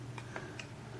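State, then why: Not seated. An internal action component is pressed back into the receiver of a Mossberg 500 pump shotgun by hand during reassembly. Small parts are held in with the other hand. Three light sharp ticks sound at about 0.2, 0.4 and 0.6 seconds over a steady low hum, and nothing has seated or clicked into place yet.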